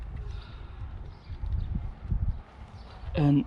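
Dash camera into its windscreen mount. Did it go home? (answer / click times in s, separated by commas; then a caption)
no / none. A plastic Vantrue OnDash X4S Duo dash camera is lined up on its windscreen mount for about three seconds before being clicked in, with soft, low handling rustles and someone talking. Nothing has seated or clicked yet.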